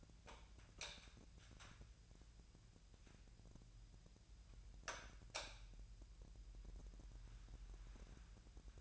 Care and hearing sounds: daily activity, microphone in the room; light on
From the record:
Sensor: 2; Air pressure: 999.8 hPa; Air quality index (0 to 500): 117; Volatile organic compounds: 2 ppm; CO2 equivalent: 1010 ppm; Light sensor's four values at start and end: 38/96/41/46 and 42/111/47/52

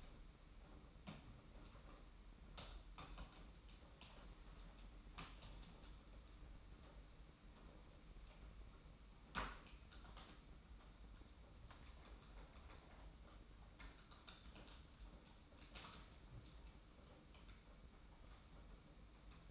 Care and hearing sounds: daily activity, microphone in the room; typing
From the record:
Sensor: 1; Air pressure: 991.7 hPa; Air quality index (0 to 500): 173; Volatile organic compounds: 1000 ppm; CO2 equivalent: 6550 ppm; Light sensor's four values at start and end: 29/100/38/39 and 29/100/38/39

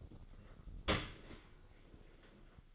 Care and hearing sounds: daily activity, microphone in the room; open dishwasher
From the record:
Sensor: 4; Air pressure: 1003.9 hPa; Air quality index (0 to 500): 151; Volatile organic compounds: 2 ppm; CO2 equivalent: 1075 ppm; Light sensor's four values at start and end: 21/49/20/22 and 22/52/22/23

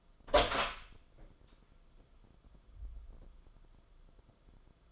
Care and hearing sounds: daily activity, microphone in the room; open door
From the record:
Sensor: 5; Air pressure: 994.4 hPa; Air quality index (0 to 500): 186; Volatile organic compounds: 1000 ppm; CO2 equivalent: 5468 ppm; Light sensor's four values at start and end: 13/31/13/14 and 14/36/15/17

